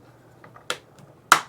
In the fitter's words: those in, and now she's locked into place.